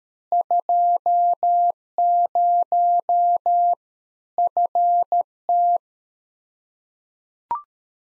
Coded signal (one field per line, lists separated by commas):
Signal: Morse code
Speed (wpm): 13 wpm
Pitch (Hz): 700 Hz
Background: none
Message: 20 FT